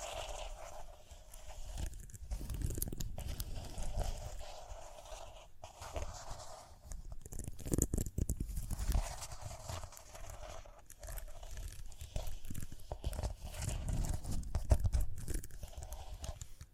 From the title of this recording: Rhinestone Tapping, Scratching, Brushing